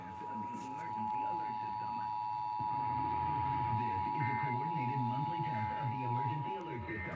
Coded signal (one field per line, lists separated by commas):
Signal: Emergency Alert System (SAME) tones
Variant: 853 and 960 Hz attention tone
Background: speech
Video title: EAS #306-309: Required Monthly Test